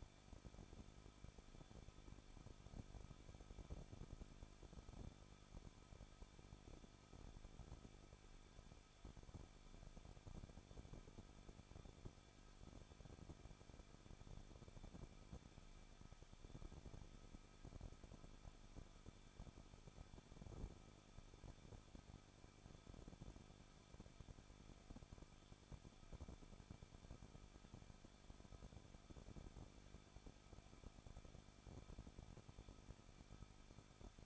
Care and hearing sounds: daily activity, microphone in the room; no activity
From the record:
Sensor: 5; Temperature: 20.8 degrees Celsius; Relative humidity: 38.4%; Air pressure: 1006.4 hPa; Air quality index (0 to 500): 189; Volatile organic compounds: 19 ppm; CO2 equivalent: 2668 ppm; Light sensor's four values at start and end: 2/3/1/1 and 2/3/1/1

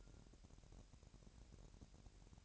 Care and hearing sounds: daily activity, microphone in the room; take from stove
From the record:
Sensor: 2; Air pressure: 1011.9 hPa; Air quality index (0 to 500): 196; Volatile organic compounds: 3 ppm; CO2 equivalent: 1390 ppm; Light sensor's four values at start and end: 75/177/73/71 and 75/177/73/71

